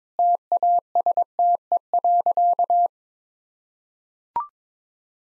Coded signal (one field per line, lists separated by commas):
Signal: Morse code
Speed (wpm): 22 wpm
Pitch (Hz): 700 Hz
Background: none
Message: TASTE.